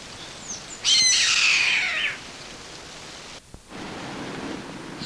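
Bird call: one loud, harsh, rasping squawk lasting about a second, followed by quieter background hiss.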